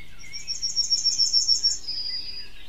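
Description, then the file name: Yellowhammer song: a rapid run of several high, thin, repeated notes followed by a longer, lower drawn-out final note. "Goldammer. Stefan Wehr"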